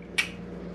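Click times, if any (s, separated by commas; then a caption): 0.2 s. A resealed plastic extended-cab vent on an S10 truck is pushed back into its opening in the rear cab panel and snaps in with one sharp pop at 0.2 s over a low steady hum. The vent is seated, though its new seal was a bit too thick, so it later had to be removed, squished down and heated before it would snap properly into place.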